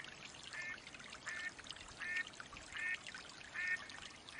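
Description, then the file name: Mallard quacks, five or six evenly spaced nasal notes roughly every three quarters of a second, set against a constant watery hiss. Female hen mallard quacking call. "Mallard duck quacking call sounds Female Hen"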